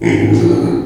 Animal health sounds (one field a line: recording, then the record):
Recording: squeal of a Yucatan mini pig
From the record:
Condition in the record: before surgery on the right vocal fold (resection and tissue-engineered implant)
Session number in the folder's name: 2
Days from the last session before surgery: -15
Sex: female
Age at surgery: 19 weeks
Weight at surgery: 25 kg